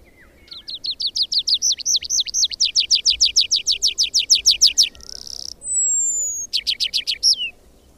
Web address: agykontroll Madardalok Cd 2. Erdei pityer